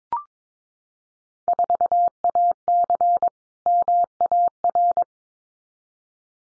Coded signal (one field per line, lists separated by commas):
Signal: Morse code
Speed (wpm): 22 wpm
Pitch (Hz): 700 Hz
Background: none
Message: 4AC MAR